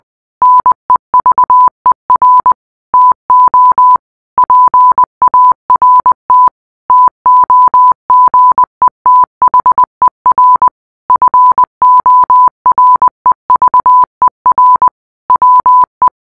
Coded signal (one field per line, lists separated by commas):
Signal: Morse code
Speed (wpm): 20 wpm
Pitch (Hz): 1000 Hz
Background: none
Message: NEVER TO PART TOGETHER FOREVER WE